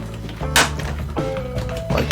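A plastic exhaust manifold (header) with clips is lined up with square holes on a 1/4-scale Ford Mustang V8 model engine block and snapped in place, with music playing in the background. A sharp snap at 0.6 s marks the clips seating, and the manifold is confirmed fitted.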